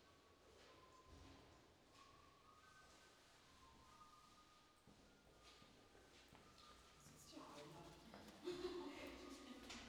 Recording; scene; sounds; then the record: everyday scene through a hearing-aid microphone; reverberant space; background noise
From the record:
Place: staircase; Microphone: in the ear canal, left